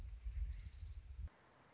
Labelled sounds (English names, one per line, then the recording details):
Orange-crowned Warbler
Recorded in Sonoma County, California